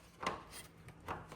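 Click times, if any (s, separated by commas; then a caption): none. The last clip of an aftermarket plastic trim cover, ordered from Amazon, is pressed into the body of a 2023 Toyota Tundra. Only short, soft rubbing and tapping bursts are heard, near 0.3, 0.9, 1.1 and 1.3 seconds. Nothing has clicked in yet, and the piece is left with a visible gap.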